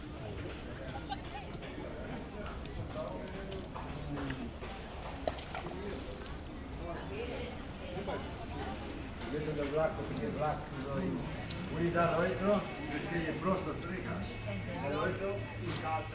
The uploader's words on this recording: Generative soundscape based on a two-dimensional random walk between four binaural soundscapes recorded in Piran (Slovenia). Lively atmosphere of Piazza Tartini, where people meet in the afternoon.